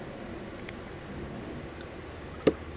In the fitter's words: another click